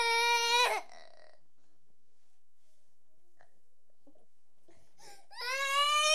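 A loud wailing cry with a clear, high, tonal pitch breaks off into near silence with faint sniffs and catches of breath, then starts again rising in pitch. This is the ordinary crying of a four-year-old child, a sound effect.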